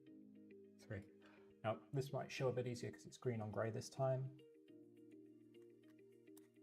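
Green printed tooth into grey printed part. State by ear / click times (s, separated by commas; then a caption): seated / 6.4 s. A small green printed plastic tooth is snapped into a groove in a grey printed plastic part. Someone talks over steady background music, and then a faint click is heard at 6.4 s as the tooth seats with a nice satisfying click.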